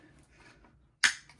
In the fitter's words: Once you collapse it, bring it up, give it a little push, and pull that until it clicks.